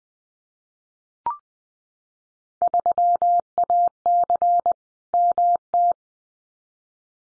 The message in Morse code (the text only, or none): 3AC MT